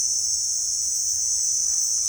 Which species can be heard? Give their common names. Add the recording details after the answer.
none. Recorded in dense forest near Puerto Asís, Putumayo, Colombia, on 20 February 2024 at 18:00. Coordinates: 0.496, -76.326. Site G6383